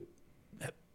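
A single brief hiccup-like throat sound from an adult man with Tourette syndrome: a fairly constant vocal tic that sounds like throat clearing or a hiccup, in a man with mild symptoms.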